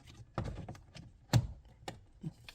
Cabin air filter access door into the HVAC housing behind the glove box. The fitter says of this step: Slide it in, and then make sure you hear the clicks on both sides to make sure that door is closed.